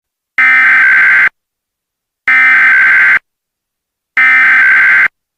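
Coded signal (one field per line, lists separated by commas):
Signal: Emergency Alert System (SAME) tones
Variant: header bursts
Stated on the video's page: Mock AMBER alert.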